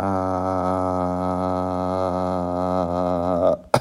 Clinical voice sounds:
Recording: sustained vowel /a/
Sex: male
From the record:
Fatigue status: fatigue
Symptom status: symptomatic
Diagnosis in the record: COVID-19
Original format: m4a

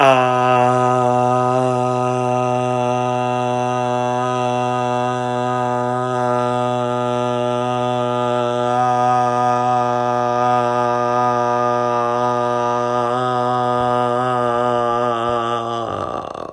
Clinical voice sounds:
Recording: sustained vowel /a/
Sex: male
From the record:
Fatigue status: fatigue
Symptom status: symptomatic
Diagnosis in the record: COVID-19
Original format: m4a

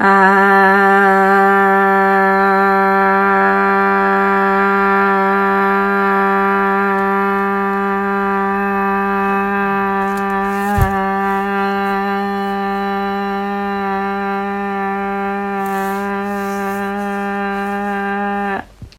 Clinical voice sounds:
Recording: sustained vowel /a/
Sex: female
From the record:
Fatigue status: no fatigue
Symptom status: symptomatic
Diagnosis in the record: COVID-19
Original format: m4a

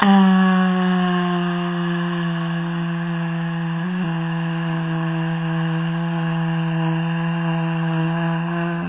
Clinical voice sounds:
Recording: sustained vowel /a/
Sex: female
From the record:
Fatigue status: fatigue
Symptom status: symptomatic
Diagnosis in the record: COVID-19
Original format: 3gp

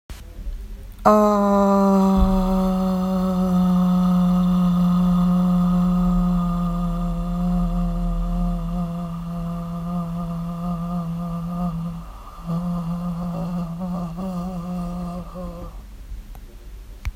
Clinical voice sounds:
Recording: sustained vowel /a/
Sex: female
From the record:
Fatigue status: no fatigue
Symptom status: symptomatic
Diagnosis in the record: COVID-19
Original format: m4a

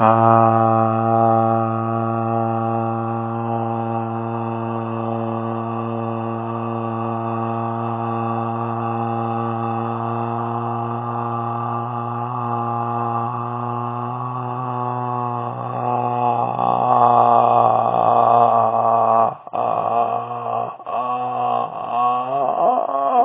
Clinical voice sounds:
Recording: sustained vowel /a/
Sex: male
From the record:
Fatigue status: no fatigue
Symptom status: symptomatic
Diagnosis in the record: COVID-19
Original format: 3gp

